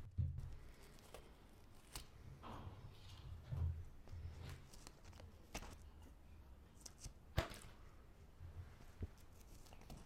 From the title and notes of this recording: Scissors Sounds Cutting Paper and Plastic near you.